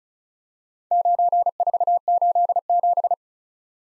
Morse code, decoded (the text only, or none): 9487